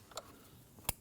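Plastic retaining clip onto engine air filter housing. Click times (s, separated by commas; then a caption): 0.9 s. A plastic retaining clip on the intake part of a 2012-2016 CR-V 2.4L L4 is pressed onto the engine air filter box during an air filter replacement. A couple of faint ticks sound near 0.1 and 0.2 s, then a sharp, short click at 0.9 s as the clip snaps home and seats.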